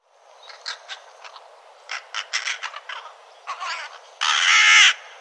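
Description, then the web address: Bird giving a scattered series of short, rough notes, then one loud, long, harsh call near the end. "cianscape birddata Deverinetal 2025 File cleaned normalized Bird"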